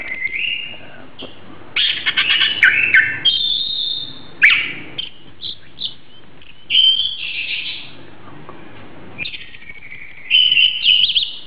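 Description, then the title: Oriental magpie-robin song in varied whistled and buzzy phrases, rising and falling, with short pauses between bursts and faint background hiss. "Kicau Kacer"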